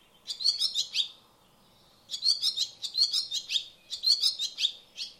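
Barn swallow giving quick high twittering chirps in several short bursts, the first followed by a pause of about a second.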